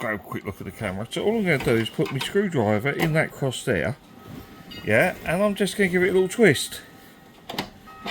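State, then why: Released. Someone talks while a cross-head screwdriver is put into the cross-shaped adjuster of a Blum kitchen drawer front fitting and given a small twist. The drawer front fixing clip on the runner side releases with two quick clicks at 7.5 s and 7.6 s, and the drawer front comes away with no levering.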